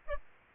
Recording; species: mosquito wingbeat signal from an infrared sensor; Aedes albopictus